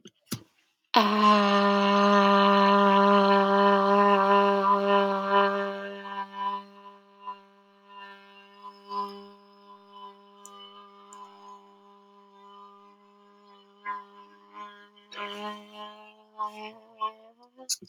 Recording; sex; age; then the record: vowel held as long as possible; female; 20 to 29 years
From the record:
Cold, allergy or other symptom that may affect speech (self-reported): no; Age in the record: 22 years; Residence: Maine, United States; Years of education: 15